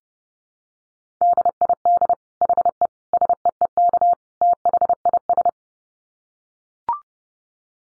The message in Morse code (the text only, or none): DID HE SEEK THIS